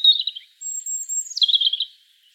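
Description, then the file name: European robin singing a short burst: a low warbled opening, then a long high thin whistle dropping into a quick tumbling trill. "Erithacus rubecula"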